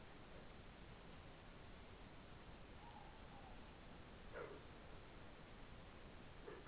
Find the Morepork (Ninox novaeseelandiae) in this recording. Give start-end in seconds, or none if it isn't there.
2.74-3.57